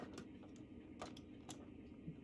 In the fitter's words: doesn't latch but the other end does that's why it's in the train still